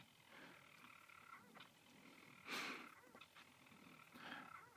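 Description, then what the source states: Storm petrel purring call: a soft, steady churring hum with faint harmonic bands, broken by a louder rushing burst in the middle and another near the end. Calling from nests among stones on Mousa, Shetland, mid-July, 11:15 pm and still light; the call tells its mate where it is.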